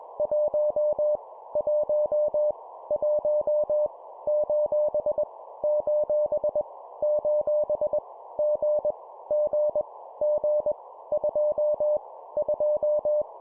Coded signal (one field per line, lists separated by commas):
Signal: Morse code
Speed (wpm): 21 wpm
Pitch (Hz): 600 Hz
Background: none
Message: 1 1 1 : : : G G G 2 2